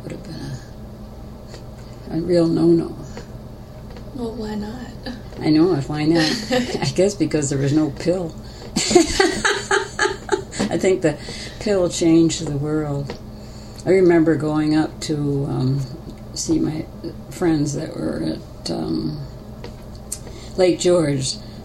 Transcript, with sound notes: That would've been a real “no-no.”
Well why not?
I know. Why not? I guess because there was no pill. [Laughter] The pill changed the world. I remember going up to see my friends that were up at Lake George.